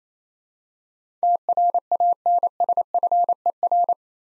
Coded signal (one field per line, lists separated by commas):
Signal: Morse code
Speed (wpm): 28 wpm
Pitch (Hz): 700 Hz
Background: none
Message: TRANSFER